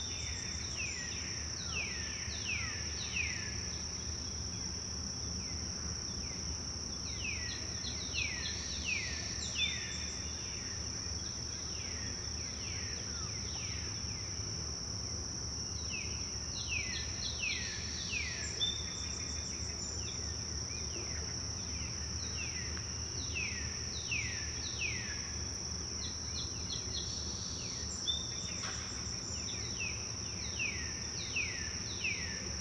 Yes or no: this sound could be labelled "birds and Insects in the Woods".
yes